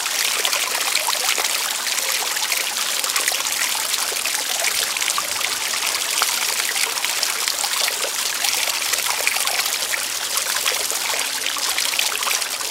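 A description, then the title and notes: An outdoor fountain trickles steadily, a dense, bright splashing and patter that stays even throughout, with little low rumble beneath. Outdoor Water Fountain. The gentle sound of trickling water. The rhythmic flow of the water.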